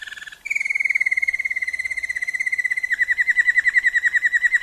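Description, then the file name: Waterslager canary song: a long rolling trill held near one pitch, starting smooth and breaking into a rapid pulsed warble toward the end. Song variations of a Waterslager canary. "kenari waterslager variasi omkicau"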